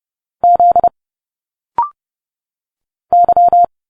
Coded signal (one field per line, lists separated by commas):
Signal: Morse code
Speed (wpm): 30 wpm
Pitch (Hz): 700 Hz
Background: none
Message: Z Y